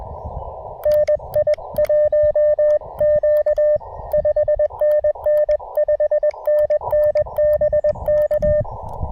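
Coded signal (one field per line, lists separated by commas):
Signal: Morse code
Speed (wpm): 20 wpm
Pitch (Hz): 590 Hz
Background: radio noise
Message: NI1Q 5NN 5NN BK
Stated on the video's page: CW from a rainy POTA park activation with an Elecraft KX2, KXPD2 paddles, battery power and a random wire antenna.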